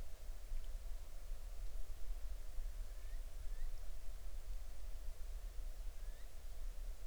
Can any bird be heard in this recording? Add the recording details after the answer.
yes. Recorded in the Arctic National Wildlife Refuge, Alaska, on 20 July 2019 at 03:25. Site 38